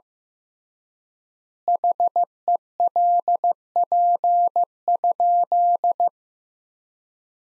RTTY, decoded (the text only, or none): none